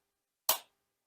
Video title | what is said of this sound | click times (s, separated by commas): The Cheesecake Factory - Using Your ORP Meter | see there's a little clip here that holds it in place we need to pull up slightly until you hear the click | 0.5 s